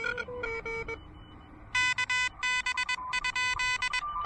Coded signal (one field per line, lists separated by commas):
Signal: Morse code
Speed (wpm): 21 wpm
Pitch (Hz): 2000 Hz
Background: none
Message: KB?